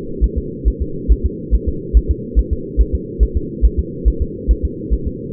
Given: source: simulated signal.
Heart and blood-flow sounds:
fetal heart sounds
0.24 s: S1
0.38 s: S2
0.68 s: S1
0.82 s: S2
1.12 s: S1
1.26 s: S2
1.55 s: S1
1.69 s: S2
1.97 s: S1
2.11 s: S2
2.39 s: S1
2.53 s: S2
2.81 s: S1
2.95 s: S2
3.23 s: S1
3.37 s: S2
3.65 s: S1
3.79 s: S2
4.08 s: S1
4.22 s: S2
4.51 s: S1
4.65 s: S2
4.93 s: S1
5.07 s: S2
From the record:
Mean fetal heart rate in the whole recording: 140 bpm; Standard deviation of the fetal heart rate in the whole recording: 2 bpm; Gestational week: 34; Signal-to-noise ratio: -4.3 dB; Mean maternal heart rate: 72 bpm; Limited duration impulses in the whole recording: absent

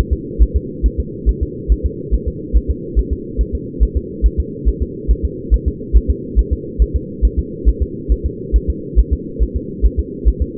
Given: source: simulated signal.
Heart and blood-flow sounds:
fetal heart sounds
0.13 s: S2
0.43 s: S1
0.56 s: S2
0.86 s: S1
1.00 s: S2
1.29 s: S1
1.43 s: S2
1.72 s: S1
1.86 s: S2
2.14 s: S1
2.28 s: S2
2.57 s: S1
2.71 s: S2
2.99 s: S1
3.13 s: S2
3.41 s: S1
3.55 s: S2
3.83 s: S1
3.97 s: S2
4.26 s: S1
4.40 s: S2
4.69 s: S1
4.82 s: S2
5.11 s: S1
5.25 s: S2
5.54 s: S1
5.68 s: S2
5.97 s: S1
6.10 s: S2
6.39 s: S1
6.53 s: S2
6.82 s: S1
6.96 s: S2
7.25 s: S1
7.39 s: S2
7.69 s: S1
7.83 s: S2
8.12 s: S1
8.26 s: S2
8.56 s: S1
8.70 s: S2
8.99 s: S1
9.13 s: S2
9.43 s: S1
9.57 s: S2
9.86 s: S1
10.00 s: S2
10.28 s: S1
10.42 s: S2
From the record:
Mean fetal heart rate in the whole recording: 140 bpm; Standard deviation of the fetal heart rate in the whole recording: 2 bpm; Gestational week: 34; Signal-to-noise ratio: -4.1 dB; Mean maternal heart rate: no maternal heart sound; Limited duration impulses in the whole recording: absent

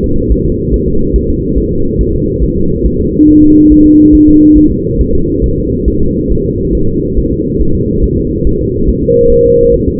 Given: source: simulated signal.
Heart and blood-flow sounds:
fetal heart sounds
0.04 s: S2
0.32 s: S1
0.46 s: S2
0.74 s: S1
0.88 s: S2
1.16 s: S1
1.30 s: S2
1.58 s: S1
1.72 s: S2
2.01 s: S1
2.15 s: S2
2.44 s: S1
2.57 s: S2
2.86 s: S1
3.00 s: S2
3.29 s: S1
3.43 s: S2
3.72 s: S1
3.86 s: S2
4.15 s: S1
4.29 s: S2
4.58 s: S1
4.72 s: S2
5.01 s: S1
5.15 s: S2
5.44 s: S1
5.58 s: S2
5.88 s: S1
6.02 s: S2
6.31 s: S1
6.45 s: S2
6.75 s: S1
6.89 s: S2
7.18 s: S1
7.32 s: S2
7.62 s: S1
7.75 s: S2
8.04 s: S1
8.18 s: S2
8.47 s: S1
8.61 s: S2
8.89 s: S1
9.03 s: S2
9.32 s: S1
9.46 s: S2
9.74 s: S1
9.88 s: S2
From the record:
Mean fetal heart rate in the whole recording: 140 bpm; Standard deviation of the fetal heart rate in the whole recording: 2 bpm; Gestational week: 34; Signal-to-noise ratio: -16.4 dB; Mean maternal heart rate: 72 bpm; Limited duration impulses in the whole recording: present

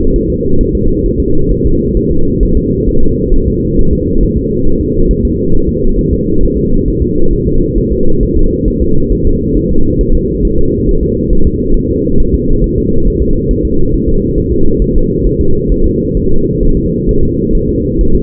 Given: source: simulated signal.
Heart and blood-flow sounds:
fetal heart sounds
0.16 s: S1
0.30 s: S2
0.61 s: S1
0.75 s: S2
1.06 s: S1
1.20 s: S2
1.52 s: S1
1.66 s: S2
1.97 s: S1
2.11 s: S2
2.43 s: S1
2.57 s: S2
2.89 s: S1
3.03 s: S2
3.34 s: S1
3.48 s: S2
3.79 s: S1
3.93 s: S2
4.23 s: S1
4.37 s: S2
4.67 s: S1
4.81 s: S2
5.11 s: S1
5.25 s: S2
5.55 s: S1
5.69 s: S2
5.99 s: S1
6.13 s: S2
6.43 s: S1
6.57 s: S2
6.88 s: S1
7.02 s: S2
7.33 s: S1
7.47 s: S2
7.78 s: S1
7.92 s: S2
8.23 s: S1
8.37 s: S2
8.68 s: S1
8.82 s: S2
9.12 s: S1
9.27 s: S2
9.57 s: S1
9.71 s: S2
10.01 s: S1
10.15 s: S2
10.45 s: S1
10.59 s: S2
10.89 s: S1
11.03 s: S2
11.33 s: S1
11.47 s: S2
11.77 s: S1
11.91 s: S2
12.20 s: S1
12.34 s: S2
12.64 s: S1
12.78 s: S2
13.07 s: S1
13.22 s: S2
13.51 s: S1
13.65 s: S2
13.94 s: S1
14.09 s: S2
14.38 s: S1
14.52 s: S2
14.82 s: S1
14.96 s: S2
15.27 s: S1
15.41 s: S2
15.72 s: S1
15.86 s: S2
16.17 s: S1
16.31 s: S2
16.63 s: S1
16.77 s: S2
17.09 s: S1
17.23 s: S2
17.55 s: S1
17.69 s: S2
18.01 s: S1
18.15 s: S2
From the record:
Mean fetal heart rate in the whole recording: 135 bpm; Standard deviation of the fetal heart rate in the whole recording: 3 bpm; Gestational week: 36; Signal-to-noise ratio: -19.1 dB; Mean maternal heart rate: 72 bpm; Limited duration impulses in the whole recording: present

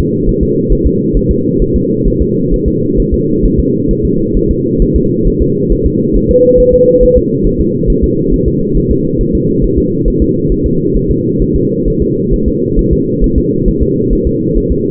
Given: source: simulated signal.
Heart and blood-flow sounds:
fetal heart sounds
0.29 s: S1
0.43 s: S2
0.72 s: S1
0.87 s: S2
1.17 s: S1
1.31 s: S2
1.62 s: S1
1.76 s: S2
2.08 s: S1
2.22 s: S2
2.54 s: S1
2.68 s: S2
3.00 s: S1
3.14 s: S2
3.45 s: S1
3.60 s: S2
3.91 s: S1
4.05 s: S2
4.37 s: S1
4.51 s: S2
4.82 s: S1
4.96 s: S2
5.28 s: S1
5.42 s: S2
5.72 s: S1
5.87 s: S2
6.17 s: S1
6.31 s: S2
6.60 s: S1
6.74 s: S2
7.03 s: S1
7.18 s: S2
7.47 s: S1
7.61 s: S2
7.90 s: S1
8.04 s: S2
8.34 s: S1
8.48 s: S2
8.77 s: S1
8.92 s: S2
9.21 s: S1
9.35 s: S2
9.64 s: S1
9.79 s: S2
10.08 s: S1
10.22 s: S2
10.52 s: S1
10.66 s: S2
10.97 s: S1
11.11 s: S2
11.42 s: S1
11.56 s: S2
11.88 s: S1
12.02 s: S2
12.34 s: S1
12.48 s: S2
12.79 s: S1
12.93 s: S2
13.24 s: S1
13.38 s: S2
13.68 s: S1
13.83 s: S2
14.13 s: S1
14.27 s: S2
14.58 s: S1
14.72 s: S2
From the record:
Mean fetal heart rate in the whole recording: 135 bpm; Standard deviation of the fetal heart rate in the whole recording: 3 bpm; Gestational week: 36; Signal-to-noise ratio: -11.2 dB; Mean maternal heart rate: 72 bpm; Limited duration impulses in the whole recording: present

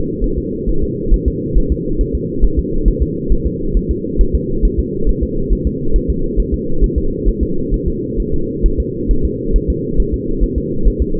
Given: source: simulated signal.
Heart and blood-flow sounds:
fetal heart sounds
0.24 s: S1
0.38 s: S2
0.69 s: S1
0.83 s: S2
1.14 s: S1
1.28 s: S2
1.58 s: S1
1.72 s: S2
2.01 s: S1
2.15 s: S2
2.44 s: S1
2.59 s: S2
2.88 s: S1
3.02 s: S2
3.32 s: S1
3.46 s: S2
3.77 s: S1
3.91 s: S2
4.21 s: S1
4.35 s: S2
4.65 s: S1
4.79 s: S2
5.09 s: S1
5.23 s: S2
5.53 s: S1
5.67 s: S2
5.96 s: S1
6.10 s: S2
6.40 s: S1
6.54 s: S2
6.84 s: S1
6.98 s: S2
7.28 s: S1
7.43 s: S2
7.74 s: S1
7.88 s: S2
8.20 s: S1
8.34 s: S2
8.66 s: S1
8.80 s: S2
9.11 s: S1
9.25 s: S2
9.56 s: S1
9.70 s: S2
10.00 s: S1
10.14 s: S2
10.44 s: S1
10.58 s: S2
10.88 s: S1
11.02 s: S2
From the record:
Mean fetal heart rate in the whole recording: 135 bpm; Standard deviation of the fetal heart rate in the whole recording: 3 bpm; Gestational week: 36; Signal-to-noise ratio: -8.1 dB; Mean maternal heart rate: 72 bpm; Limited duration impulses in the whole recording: absent

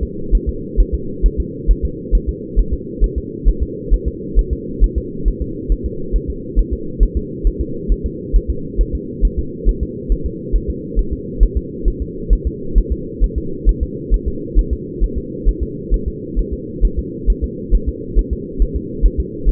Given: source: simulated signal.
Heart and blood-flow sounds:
fetal heart sounds
0.03 s: S2
0.35 s: S1
0.49 s: S2
0.80 s: S1
0.94 s: S2
1.26 s: S1
1.40 s: S2
1.71 s: S1
1.85 s: S2
2.15 s: S1
2.29 s: S2
2.59 s: S1
2.73 s: S2
3.04 s: S1
3.18 s: S2
3.48 s: S1
3.63 s: S2
3.94 s: S1
4.08 s: S2
4.39 s: S1
4.53 s: S2
4.84 s: S1
4.98 s: S2
5.28 s: S1
5.42 s: S2
5.72 s: S1
5.86 s: S2
6.16 s: S1
6.30 s: S2
6.59 s: S1
6.73 s: S2
7.03 s: S1
7.17 s: S2
7.47 s: S1
7.61 s: S2
7.92 s: S1
8.06 s: S2
8.36 s: S1
8.50 s: S2
8.81 s: S1
8.95 s: S2
9.25 s: S1
9.39 s: S2
9.69 s: S1
9.83 s: S2
10.12 s: S1
10.26 s: S2
10.56 s: S1
10.70 s: S2
10.99 s: S1
11.13 s: S2
11.43 s: S1
11.57 s: S2
11.88 s: S1
12.02 s: S2
12.33 s: S1
12.47 s: S2
12.78 s: S1
12.92 s: S2
13.24 s: S1
13.38 s: S2
13.69 s: S1
13.83 s: S2
14.14 s: S1
14.28 s: S2
14.59 s: S1
14.73 s: S2
15.03 s: S1
15.18 s: S2
15.49 s: S1
15.63 s: S2
15.94 s: S1
16.08 s: S2
16.39 s: S1
16.53 s: S2
16.85 s: S1
16.99 s: S2
17.30 s: S1
17.44 s: S2
17.75 s: S1
17.89 s: S2
18.19 s: S1
18.33 s: S2
18.62 s: S1
18.76 s: S2
19.06 s: S1
19.20 s: S2
19.49 s: S1
From the record:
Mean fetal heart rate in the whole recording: 135 bpm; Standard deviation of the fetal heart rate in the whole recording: 3 bpm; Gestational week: 36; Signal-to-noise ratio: -4.3 dB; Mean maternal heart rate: 72 bpm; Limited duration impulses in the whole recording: absent

